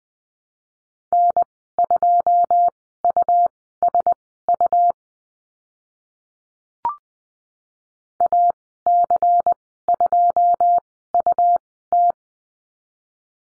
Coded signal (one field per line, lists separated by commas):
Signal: Morse code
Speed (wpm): 20 wpm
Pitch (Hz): 700 Hz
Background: none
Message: N2USU AC2UT